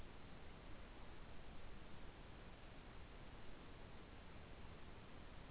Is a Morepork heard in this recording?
no